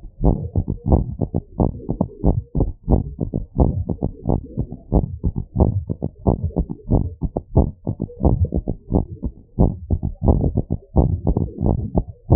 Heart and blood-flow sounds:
heart sounds
0.01	0.25	diastole
0.25	0.37	S1
0.37	0.57	systole
0.57	0.65	S2
0.65	0.89	diastole
0.89	1.03	S1
1.03	1.23	systole
1.23	1.33	S2
1.33	1.59	diastole
1.59	1.71	S1
1.71	1.91	systole
1.91	1.99	S2
1.99	2.25	diastole
2.25	2.37	S1
2.37	2.57	systole
2.57	2.69	S2
2.69	2.91	diastole
2.91	3.03	S1
3.03	3.23	systole
3.23	3.33	S2
3.33	3.59	diastole
3.59	3.75	S1
3.75	3.95	systole
3.95	4.03	S2
4.03	4.29	diastole
4.29	4.41	S1
4.41	4.59	systole
4.59	4.67	S2
4.67	4.93	diastole
4.93	5.05	S1
5.05	5.25	systole
5.25	5.33	S2
5.33	5.57	diastole
5.57	5.73	S1
5.73	5.91	systole
5.91	5.99	S2
5.99	6.25	diastole
6.25	6.37	S1
6.37	6.57	systole
6.57	6.67	S2
6.67	6.91	diastole
6.91	7.03	S1
7.03	7.23	systole
7.23	7.31	S2
7.31	7.55	diastole
7.55	7.69	S1
7.69	7.89	systole
7.89	7.99	S2
7.99	8.25	diastole
8.25	8.39	S1
8.39	8.57	systole
8.57	8.65	S2
8.65	8.93	diastole
8.93	9.05	S1
9.05	9.25	systole
9.25	9.33	S2
9.33	9.59	diastole
9.59	9.73	S1
9.73	9.91	systole
9.91	10.01	S2
10.01	10.25	diastole
10.25	10.43	S1
10.43	10.63	systole
10.63	10.71	S2
10.71	10.97	diastole
10.97	11.11	S1
11.11	11.29	systole
11.29	11.41	S2
11.41	11.63	diastole
11.63	11.77	S1
11.77	11.97	systole
11.97	12.07	S2
12.07	12.31	diastole
12.31	12.36	S1
From the record:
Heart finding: normal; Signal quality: good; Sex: female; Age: 27 years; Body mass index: 27.4

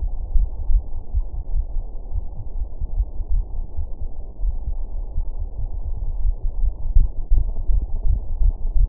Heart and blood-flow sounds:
heart sounds
not marked
From the record:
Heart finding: coronary artery disease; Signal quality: poor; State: rest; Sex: female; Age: 68 years

